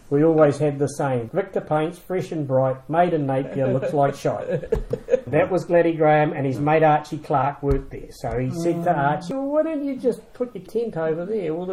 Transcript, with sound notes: We always had a saying, ‘Victor Paints, Fresh and Bright, Made in Napier, Looks like Shite.’ [Chuckle] That was Gladdie Graham, and his mate Archie Clarke worked there. So he said to Archie, “Well, why don’t you just put your tent over there?”